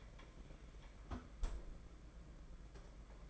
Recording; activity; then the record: daily activity, microphone in the room; close fridge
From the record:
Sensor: 5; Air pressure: 992.0 hPa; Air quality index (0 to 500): 200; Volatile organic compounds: 1000 ppm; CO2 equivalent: 5764 ppm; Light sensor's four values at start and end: 30/100/37/39 and 29/101/37/39